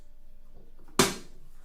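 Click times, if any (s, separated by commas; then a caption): 1.0 s. A display circuit board is pressed into the spring hooks inside the housing of an ANYLOAD 808AH, 808BH, or 808CH remote display. After a quiet stretch with a faint tick, one sharp, bright snap sounds at 1.0 s and quickly fades. The hooks snap into place and the board is seated.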